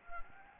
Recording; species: mosquito wingbeat signal from an infrared sensor; Anopheles gambiae